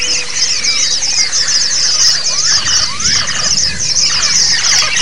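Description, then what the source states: White-eye chorus: unbroken high-pitched chattering from many birds, with a few clear rising and falling whistled notes standing out. A group (ombyokan) of white-eyes singing together, a therapy (terapi) recording.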